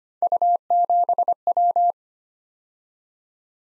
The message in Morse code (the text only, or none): U7W